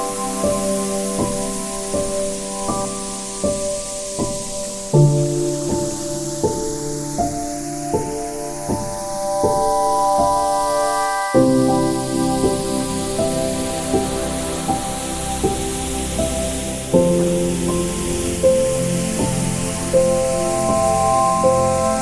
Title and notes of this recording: Ocean Waves, Calm Piano Music and Beautiful Nature. Ocean waves, accompanied by calming piano music